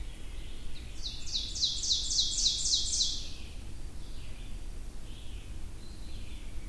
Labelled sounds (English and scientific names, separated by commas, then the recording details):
Ovenbird (Seiurus aurocapilla) song
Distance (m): 30 m
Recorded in boreal forest in Alberta, Canada, on 22 June 2016 at 06:43
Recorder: SongMeter 3, array SBT-6-76
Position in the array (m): 165 m, 135 m
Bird 3